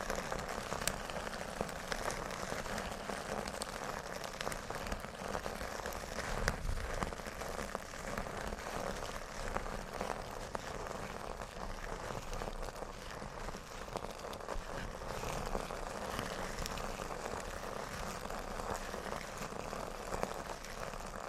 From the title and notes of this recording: TimASMR-Metal Scrubbers Crunchy Crinkles, Rolling, and Squeezing Triggers (NO TALKING).